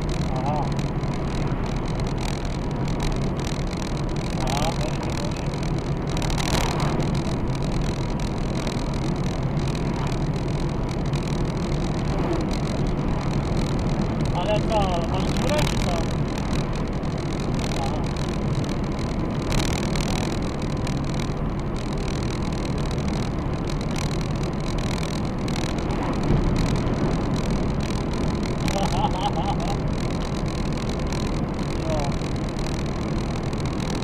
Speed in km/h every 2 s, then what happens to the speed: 82, 80, 82, 81, 82, 84, 84, 85, 86, 86, 85, 86, 86, 86, 86, 86, 87.
0-34 steady at about 85.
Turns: none.